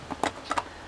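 A light tap at 0.1 s leads into a sharp plastic click at 0.2 s, followed by two similar knocks near 0.5 and 0.6 s. No single decisive snap stands out, so the lid sounds only partly engaged.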